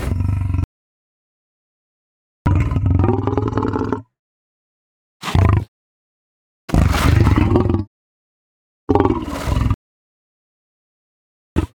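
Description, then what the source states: Lion growling: deep, rough, rumbling bursts of varying length, separated by silent gaps. Aggressive growl.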